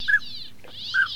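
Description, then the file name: Northern Pintail calls: two short, clear whistled notes about a second apart over a steady low hiss. Decoy sound on a hunting caller chip. "Шилохвость Codone"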